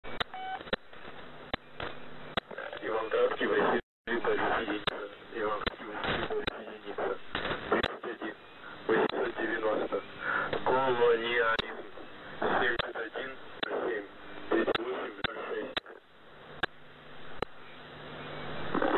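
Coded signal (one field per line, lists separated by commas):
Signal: coded military voice message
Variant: The Pip, Russian voice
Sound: voice reading a coded message over a radio channel, with clicks and static bursts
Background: radio static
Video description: "The Pip" is a Russian military station that broadcasts on 5448 kHz at daytime and 3756 kHz at nighttime.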